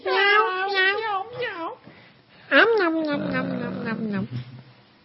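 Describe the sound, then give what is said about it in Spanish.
Kittens meowing in two loud, drawn-out bursts of high, wavering cries, the first series quick and trembling, the second a long plaintive meow sliding downward before fading. “Gatitos.”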